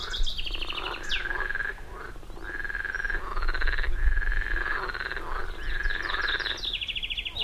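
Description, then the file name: Frogs calling in chorus, buzzy croaking trills following one another, with brief higher rattles at the start and end. Chorus of many frogs. "Froschkonzert - frogs concert"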